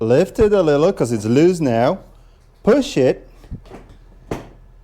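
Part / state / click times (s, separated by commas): plastic rear body panel on a three-wheel motorcycle's rear end / released / 4.3 s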